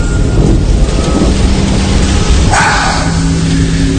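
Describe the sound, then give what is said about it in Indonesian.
Heavy rain that began suddenly pours in a loud, steady hiss, with a deep rumble of thunder swelling partway through. No one speaks. “Karena saat itu hujannya sangat besar, bahkan sesekali terdengar suara petir.”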